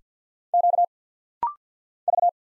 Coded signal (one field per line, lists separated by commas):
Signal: Morse code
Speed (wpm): 51 wpm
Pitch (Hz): 700 Hz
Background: none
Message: Q V